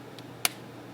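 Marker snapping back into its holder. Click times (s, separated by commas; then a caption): 0.4 s. A marker is pushed back into its holder or cap before marker bleeding, with a faint tick at 0.2 s and then one sharp, bright snap at 0.5 s. The snap shows the marker tip has seated back in its holder and is good to go.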